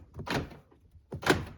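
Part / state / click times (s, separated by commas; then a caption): master window switch panel into door trim / seated / 0.3 s, 1.3 s. A plastic master window switch panel on a 2021-2026 Toyota Sienna front door is lined up and pressed straight down into the door trim until its clips engage. Two thunk-like snaps are heard at 0.3 s and 1.3 s, with a small tap just before the second. The panel is seated with its clips engaged.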